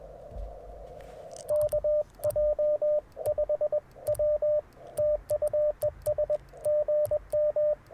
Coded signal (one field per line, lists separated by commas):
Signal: Morse code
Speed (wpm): 21 wpm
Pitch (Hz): 590 Hz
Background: radio noise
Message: KJ5W TU ES GM